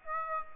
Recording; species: mosquito wingbeat signal from an infrared sensor; Aedes aegypti